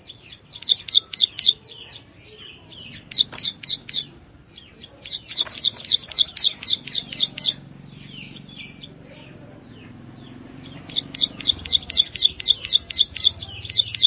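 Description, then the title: Plain Prinia singing bursts of rapid, high, sharp repeated notes, about four per second, pausing briefly between phrases over faint low background noise. "Ciblek Sawah"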